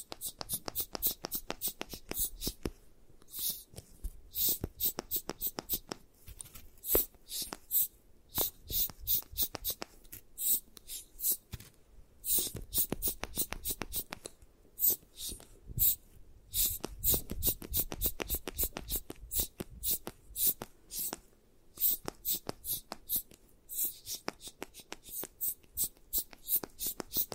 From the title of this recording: 3D Eye Massage, Tapping, Scratching